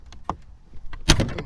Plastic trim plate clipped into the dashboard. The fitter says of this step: Donc c'est le même principe, c'est clipsé, faut tirer dessus.